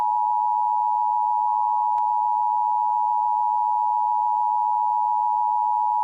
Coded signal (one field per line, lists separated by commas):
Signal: Emergency Alert System (SAME) tones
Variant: 853 and 960 Hz attention tone